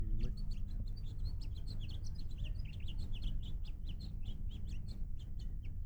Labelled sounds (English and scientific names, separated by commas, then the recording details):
House Finch (Haemorhous mexicanus) song
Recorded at Island Park on Long Island, New York, on 17 June 1975
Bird A